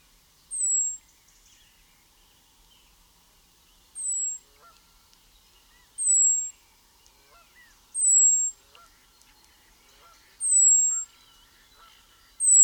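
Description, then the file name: European robin calling with a series of very high, thin, downslurred whistles spaced a few seconds apart. "Erithacus rubecula"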